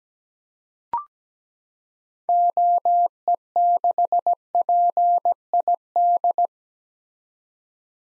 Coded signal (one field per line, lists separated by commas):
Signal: Morse code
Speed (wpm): 17 wpm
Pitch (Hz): 700 Hz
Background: none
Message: OE6PID